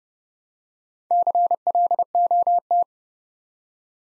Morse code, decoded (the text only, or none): CLOT